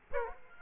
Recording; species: mosquito wingbeat signal from an infrared sensor; Aedes aegypti